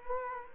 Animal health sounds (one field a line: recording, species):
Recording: mosquito wingbeat signal from an infrared sensor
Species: Culex quinquefasciatus